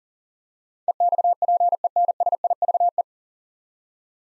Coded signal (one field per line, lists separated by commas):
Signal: Morse code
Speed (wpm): 40 wpm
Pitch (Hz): 700 Hz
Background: none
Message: EXPENSIVE